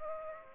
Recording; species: mosquito wingbeat signal from an infrared sensor; Aedes aegypti